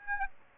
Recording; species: mosquito wingbeat signal from an infrared sensor; Aedes aegypti